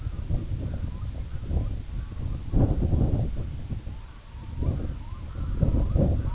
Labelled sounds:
Red-throated Loon (Gavia stellata)
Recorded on Arctic tundra, site IGLO-A, on 17 June 2018
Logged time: 19:59

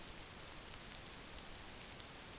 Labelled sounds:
none
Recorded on Arctic tundra, site NAIT-1, on 27 June 2019
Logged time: 20:00

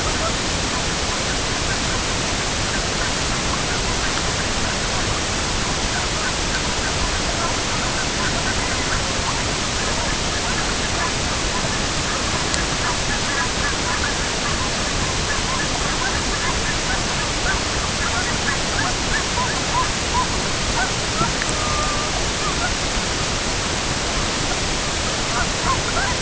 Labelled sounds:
unidentified sound, Red-throated Loon (Gavia stellata)
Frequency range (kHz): Red-throated Loon (Gavia stellata) 0.4-1.6 kHz
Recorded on Arctic tundra, site EABA-MC, on 22 June 2019
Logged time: 08:00

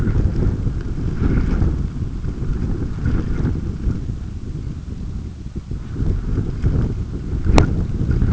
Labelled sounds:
none
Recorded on Arctic tundra, site UTQI-5, on 28 June 2018
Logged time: 00:00

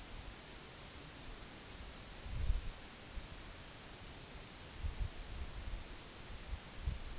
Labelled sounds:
none
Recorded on Arctic tundra, site NAIT-1, on 2 July 2019
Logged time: 18:00

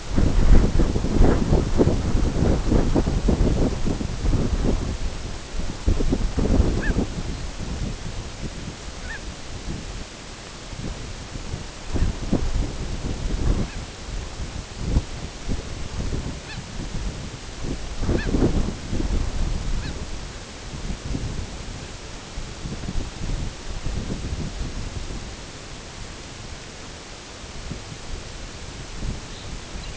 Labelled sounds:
unidentified sound, Lapland Longspur (Calcarius lapponicus)
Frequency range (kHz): Lapland Longspur (Calcarius lapponicus) 2.0-4.6 kHz
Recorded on Arctic tundra, site NAIT-1, on 22 June 2018
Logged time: 13:00

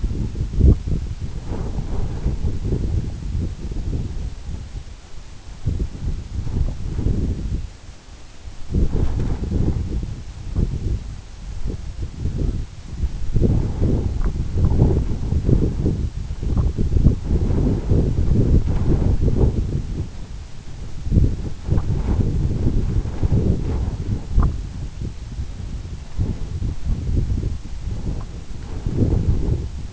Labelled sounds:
Canada Goose (Branta canadensis)
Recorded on Arctic tundra, site EABA-1, on 26 June 2018
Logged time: 00:00

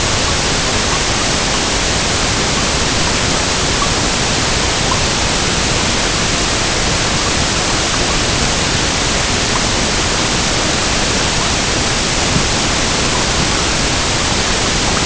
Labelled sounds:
none
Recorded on Arctic tundra, site EABA-MC, on 22 June 2019
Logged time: 16:00

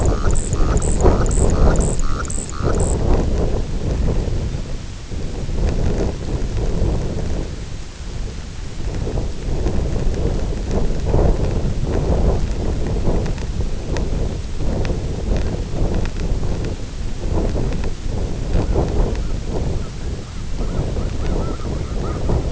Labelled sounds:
White-rumped Sandpiper (Calidris fuscicollis), unidentified sound
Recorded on Arctic tundra, site IGLO-F, on 24 June 2018
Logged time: 10:00

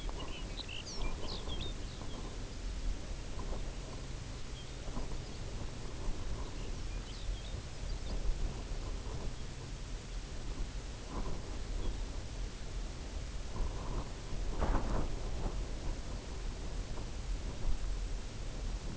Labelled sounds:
Lapland Longspur (Calcarius lapponicus), unidentified sound
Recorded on Arctic tundra, site UTQI-0, on 17 June 2019
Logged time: 22:00

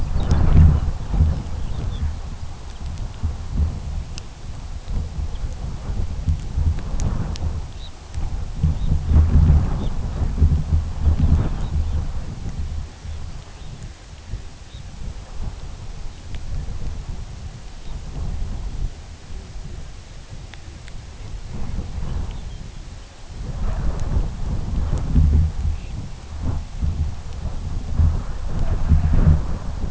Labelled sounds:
Lapland Longspur (Calcarius lapponicus), Red Phalarope (Phalaropus fulicarius), unidentified sound
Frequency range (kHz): Lapland Longspur (Calcarius lapponicus) 1.6-5.8 kHz; Red Phalarope (Phalaropus fulicarius) 2.6-4.7 kHz
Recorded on Arctic tundra, site UTQI-2, on 17 June 2019
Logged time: 08:00

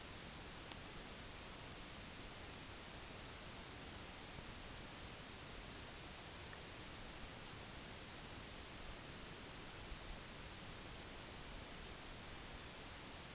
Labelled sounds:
none
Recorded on Arctic tundra, site NAIT-1, on 25 June 2019
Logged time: 22:00

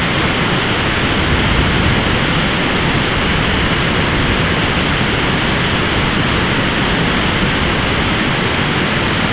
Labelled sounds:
none
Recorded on Arctic tundra, site ZACK-1, on 14 June 2019
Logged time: 23:49

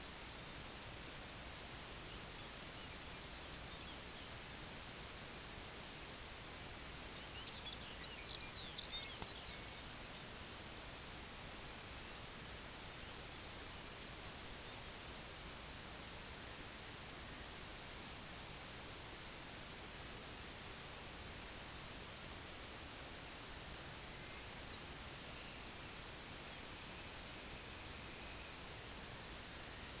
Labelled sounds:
Lapland Longspur (Calcarius lapponicus), Dunlin (Calidris alpina), unidentified sound
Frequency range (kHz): Lapland Longspur (Calcarius lapponicus) 0.8-7.2 kHz; Dunlin (Calidris alpina) 1.3-3.2 kHz
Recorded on Arctic tundra, site IGLO-D, on 17 June 2018
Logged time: 00:00

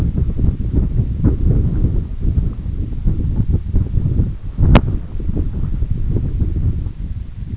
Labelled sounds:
none
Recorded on Arctic tundra, site EABA-1, on 20 June 2018
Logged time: 18:00

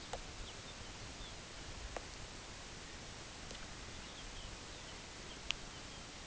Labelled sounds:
unidentified sound, Dunlin (Calidris alpina)
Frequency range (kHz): Dunlin (Calidris alpina) 1.4-3.0 kHz
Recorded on Arctic tundra, site UTQI-8, on 10 June 2019
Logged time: 14:00

